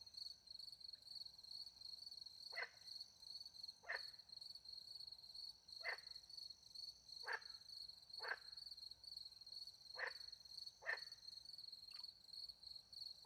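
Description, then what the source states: Frog calls, brief clicking notes at irregular intervals of one to two seconds, beneath a continuous shrill cricket drone. Frogs with crickets at night in countryside beside a little pond, France; microphones hidden in a tree close to the pond; two Usi Pro microphones into a MixPre 10 II recorder.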